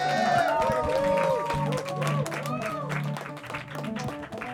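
An audience applauds a band with steady, dense clapping mixed with cheers and whoops, loud throughout the few seconds and easing slightly toward the end.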